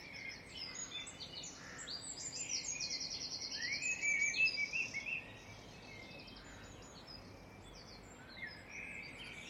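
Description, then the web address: Birds: dawn chorus with layered trills and chirps building to a peak midway, then thinning to sparse twitters over a steady low hum. "birds singing dawn chorus birdsong"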